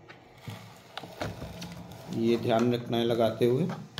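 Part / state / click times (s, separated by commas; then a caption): jack/connector with sliding lock into BiPAP machine / not seated / none. A jack with a sliding lock is being fitted into a ResMed Lumis 100 VPAP/BiPAP S machine, with the lock to be pressed down so it holds. Someone talks while light handling taps and knocks are heard around 1.0 s, 1.2 s and 1.6 s. The clip ends before the connector goes home, so nothing has seated or clicked yet.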